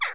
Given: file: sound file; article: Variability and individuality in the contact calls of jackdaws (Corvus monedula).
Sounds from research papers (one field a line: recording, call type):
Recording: jackdaw call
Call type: harmonic